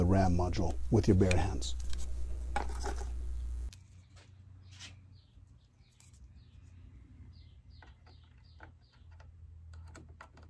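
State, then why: Not seated. A RAM module is held and lined up over the memory slot of a Synology RackStation rack-mounted NAS, ready to be pressed down into place. Someone talks for the first few seconds over a low hum, then only faint, quiet handling taps are heard. Nothing has seated or clicked yet.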